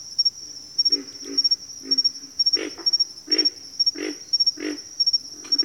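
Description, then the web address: Pig frog giving repeated gruff grunts, stronger after the first few, with a steady high insect whine and pulsing chirps behind. Bayou setting. "Echoes of Nature - Bayou Pig Frogs"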